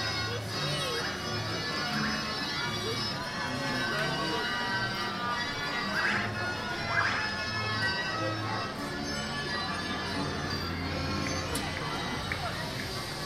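Recorded at an annual fair, a steady crowd murmur of many overlapping voices fills the scene, with speech rising now and then. A low thumping rhythm of music runs underneath, and short bright clinks and ringing sounds pop up every few seconds.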